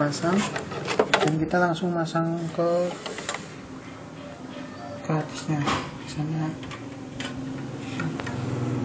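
A RAM module is being handled over a motherboard memory slot while someone talks, with a few brief handling knocks. The stick has not yet been pushed home, and nothing has seated or clicked yet.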